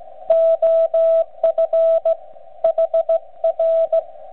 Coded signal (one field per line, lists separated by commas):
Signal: Morse code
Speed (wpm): 15 wpm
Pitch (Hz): 660 Hz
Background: radio noise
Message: OF HR